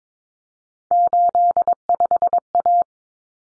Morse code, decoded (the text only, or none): 85A